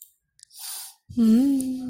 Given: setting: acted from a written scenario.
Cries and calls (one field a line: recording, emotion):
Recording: vocal sound without words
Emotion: desire